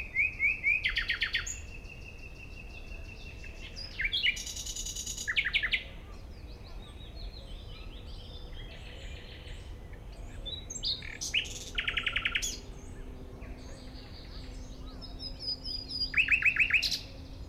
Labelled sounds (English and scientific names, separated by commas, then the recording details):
Common Nightingale (Luscinia megarhynchos) song
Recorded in the wild
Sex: male
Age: adult
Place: Malchower Aue, Berlin, DE
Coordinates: 52.5667, 13.4833
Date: 1990-05-20 21:08
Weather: 13,5°C
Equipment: Uher 4400 Report Monitor, Sennheiser MKH 416 T
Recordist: Frommolt, Karl-Heinz